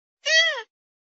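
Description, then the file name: Grey-headed swamphen giving a single nasal wailing note, rising slightly and then sliding down, under half a second long. "Tieng trich co"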